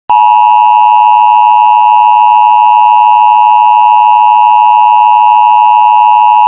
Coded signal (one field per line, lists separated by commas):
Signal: Emergency Alert System (SAME) tones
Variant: 853 and 960 Hz attention tone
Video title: EAS Scenerio #1: Hurricane Warning